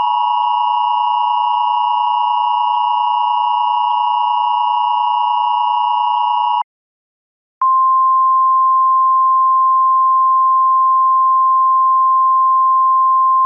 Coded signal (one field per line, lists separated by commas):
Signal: Emergency Alert System (SAME) tones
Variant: 853 and 960 Hz attention tone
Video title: EAS - Warngen Mockup